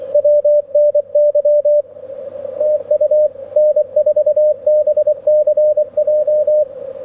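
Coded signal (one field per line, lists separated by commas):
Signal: Morse code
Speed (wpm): 23 wpm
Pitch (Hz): 590 Hz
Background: radio noise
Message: WNY TU N4BCJ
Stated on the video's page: CW station at a club Field Day.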